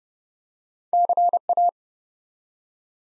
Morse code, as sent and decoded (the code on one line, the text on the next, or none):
-.-. .-
CA